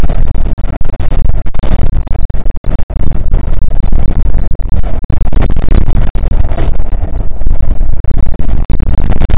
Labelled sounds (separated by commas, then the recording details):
wind
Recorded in the Arctic National Wildlife Refuge, Alaska, on 5 June 2019 at 00:00
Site 48